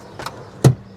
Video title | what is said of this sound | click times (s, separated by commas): 2022 Jeep Grand Cherokee L Summit Reserve review - When Luxury meets wilderness - DRIVETERRAIN | you can push it forward like that and it locks into place and then you can easily enter | 0.6 s